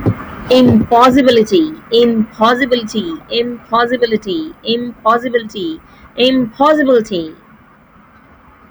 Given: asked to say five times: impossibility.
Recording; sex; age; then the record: repeated word; female; 20 to 29 years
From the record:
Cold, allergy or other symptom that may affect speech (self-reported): yes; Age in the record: 29 years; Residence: Texas, United States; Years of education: 25